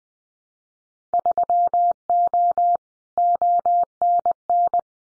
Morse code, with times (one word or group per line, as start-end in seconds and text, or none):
1.1-2.8 3O
3.2-4.8 ONN